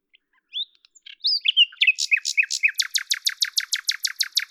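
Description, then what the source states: Common nightingale song: whistled and slurred notes quicken into a long, loud, rhythmic series of rapid sharp repeated notes. At Lavours, France, on 10 May 1998; Tascam DAP-1 with Télingua microphone, edited in Samplitude 5.1.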